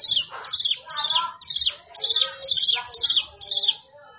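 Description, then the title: Plain prinia song: buzzy, high chirping notes repeated in a quick, pulsing series. "Ciblek Sawah"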